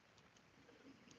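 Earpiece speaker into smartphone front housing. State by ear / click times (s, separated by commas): not seated / none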